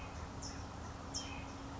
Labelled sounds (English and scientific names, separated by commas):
California Towhee (Melozone crissalis)